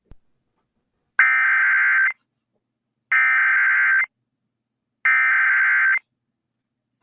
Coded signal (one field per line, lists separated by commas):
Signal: Emergency Alert System (SAME) tones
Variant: header bursts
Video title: 10/3/2021 | Oakland County Tornado Warning [EAS #???]